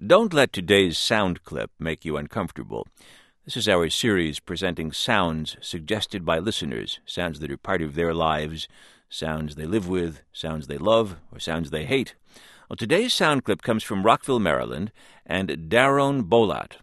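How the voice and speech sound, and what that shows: Adult male radio host speaking fluently in a narrating style, introducing a segment. Normal speech.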